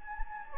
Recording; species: mosquito wingbeat signal from an infrared sensor; Anopheles gambiae